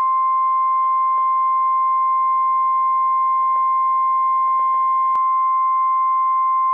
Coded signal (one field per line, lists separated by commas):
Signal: Emergency Alert System (SAME) tones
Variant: 1050 Hz attention tone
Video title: Avalanche Warning - WWF56 - EAS #57 - 7:09 PM PST 2/21/21